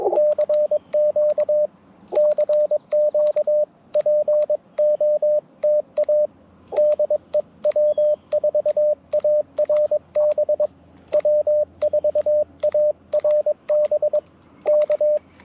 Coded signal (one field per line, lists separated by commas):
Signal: Morse code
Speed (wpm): 22 wpm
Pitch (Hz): 600 Hz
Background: radio noise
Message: CQ CQ POTA DEW4ARB W4ARB K